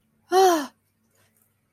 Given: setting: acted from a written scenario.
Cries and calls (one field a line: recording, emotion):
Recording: vocal sound without words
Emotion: fear